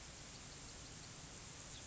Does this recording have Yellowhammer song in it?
no